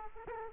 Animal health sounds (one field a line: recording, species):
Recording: mosquito wingbeat signal from an infrared sensor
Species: Aedes aegypti